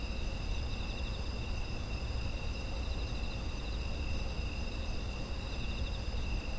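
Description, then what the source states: Insect chorus: steady high buzzing trills at several pitches, some gently pulsating, over constant deep background rumble. Autumn insect ambience.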